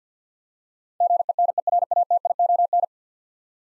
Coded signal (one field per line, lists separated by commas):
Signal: Morse code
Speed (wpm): 50 wpm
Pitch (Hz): 700 Hz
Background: none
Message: GENERATION